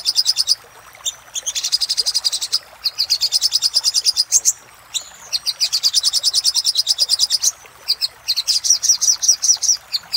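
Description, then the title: Little spiderhunter song: sustained rapid high chattering trills in long phrases with short breaks and a few thin whistles. Song used for training cage birds; song style named Labaik. "Masteran Burung Sogok Ontong Labaik"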